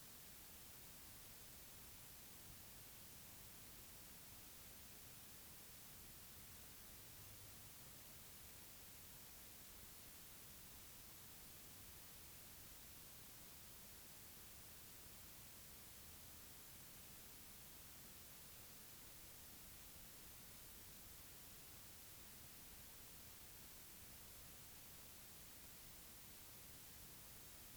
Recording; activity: daily activity, guitar pickup as the sensor; stand